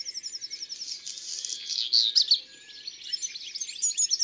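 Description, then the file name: European greenfinch song: a quick rattling trill followed by a dense burst of twittering chirps. "Verdier-d Europe-ABC-des-chants-doiseaux"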